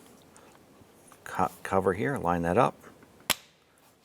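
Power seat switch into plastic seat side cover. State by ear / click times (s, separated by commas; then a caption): seated / 3.3 s. A plastic power seat switch trim on a 2006-2013 Chevrolet Impala is lined up with the plastic seat side cover while someone talks. At 3.3 s it is pushed on and snaps into place with one sharp click, seated.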